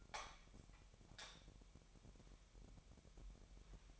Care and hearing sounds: daily activity, microphone in the room; light on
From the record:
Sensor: 1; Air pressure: 1012.0 hPa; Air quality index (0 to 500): 230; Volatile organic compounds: 6 ppm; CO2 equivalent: 1839 ppm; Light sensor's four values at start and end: 13/31/13/15 and 17/45/18/20

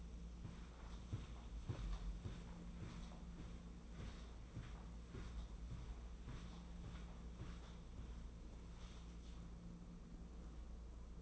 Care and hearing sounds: daily activity, microphone in the room; walk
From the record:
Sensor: 1

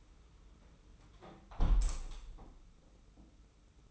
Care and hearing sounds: daily activity, microphone in the room; close window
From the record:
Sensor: 1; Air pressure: 991.3 hPa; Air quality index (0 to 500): 118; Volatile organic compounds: 186 ppm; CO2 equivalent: 4164 ppm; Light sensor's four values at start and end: 38/118/47/48 and 38/118/47/48

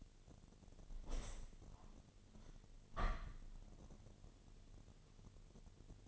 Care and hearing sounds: daily activity, microphone in the room; open window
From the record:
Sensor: 4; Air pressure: 1007.2 hPa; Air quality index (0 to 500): 182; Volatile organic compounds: 5 ppm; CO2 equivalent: 1817 ppm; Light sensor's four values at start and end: 23/73/28/27 and 23/73/28/27

